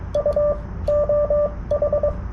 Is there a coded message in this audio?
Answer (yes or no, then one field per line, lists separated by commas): yes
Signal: Morse code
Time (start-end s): 0.2-2.1 s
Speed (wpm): 20 wpm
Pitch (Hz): 580 Hz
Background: radio noise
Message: U OH